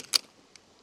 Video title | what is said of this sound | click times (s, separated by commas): 1ST COT TENT EXPERIENCE sa Kahua Caliyah Campsite. | itong lever na to, pu-push mo lang all the way hanggang mag-click. | 0.2 s